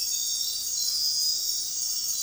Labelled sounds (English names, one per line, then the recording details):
none
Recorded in dense forest near Puerto Asís, Putumayo, Colombia, on 20 February 2024 at 00:30
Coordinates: 0.466, -76.327
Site G6413